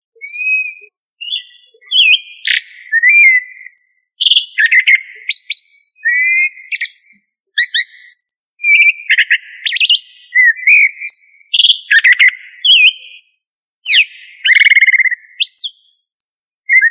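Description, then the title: Thrush song: a long series of varied, warbled phrases, rising and falling quickly, separated by short pauses, with no other clear sounds. "Familia Turdidae - Sabia"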